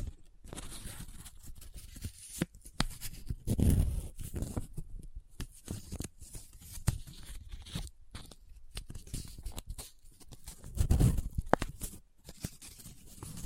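Paper is handled up close, folded, rubbed and crinkled in a busy, uneven stream of crisp rustles and sharp crackles. Louder, fuller scrunching swells come around four seconds and again near eleven, with brief quiet gaps between bursts.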